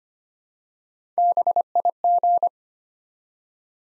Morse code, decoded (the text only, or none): BIG